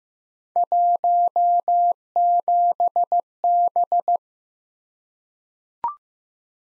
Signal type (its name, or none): Morse code